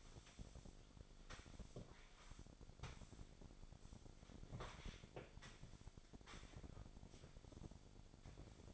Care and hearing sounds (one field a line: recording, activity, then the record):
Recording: daily activity, microphone in the room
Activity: sweep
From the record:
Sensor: 5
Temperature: 26.3 degrees Celsius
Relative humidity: 38.1%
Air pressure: 1007.1 hPa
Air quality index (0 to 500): 179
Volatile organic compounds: 5 ppm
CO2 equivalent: 1708 ppm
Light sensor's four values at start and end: 54/154/60/60 and 56/159/61/62